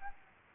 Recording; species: mosquito wingbeat signal from an infrared sensor; Aedes albopictus